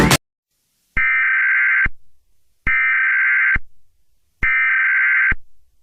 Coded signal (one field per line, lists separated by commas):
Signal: Emergency Alert System (SAME) tones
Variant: header bursts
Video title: EAS Scenario #7: The Great Cleansing